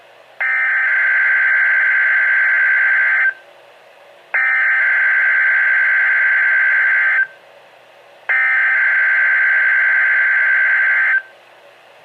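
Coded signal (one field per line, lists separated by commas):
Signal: Emergency Alert System (SAME) tones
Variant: header bursts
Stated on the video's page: Required weekly test on NOAA weather radio station.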